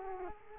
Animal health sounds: mosquito wingbeat signal from an infrared sensor; Culex quinquefasciatus

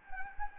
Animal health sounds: mosquito wingbeat signal from an infrared sensor; Anopheles gambiae

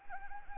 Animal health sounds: mosquito wingbeat signal from an infrared sensor; Anopheles gambiae

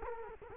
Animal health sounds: mosquito wingbeat signal from an infrared sensor; Culex quinquefasciatus

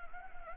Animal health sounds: mosquito wingbeat signal from an infrared sensor; Anopheles gambiae

